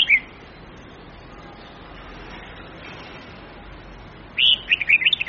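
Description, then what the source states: Red-whiskered bulbul giving a brief chirp, then a rapid run of bright warbling notes starting near the end, with a quiet hiss between. Huế-type bulbul, long-voice song of 9 to 12 notes, changing its phrasing continuously.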